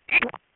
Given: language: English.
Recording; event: throat vibration sensor signal played as sound; swallow